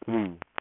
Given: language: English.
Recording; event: throat vibration sensor signal played as sound; speech